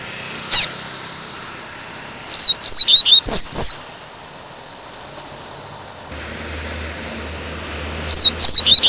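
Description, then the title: Double-collared Seedeater song: quick series of high descending whistled notes, a lone note early, a phrase after two seconds and another near the end, with a low hum from about six seconds on. "Canto Coleiro"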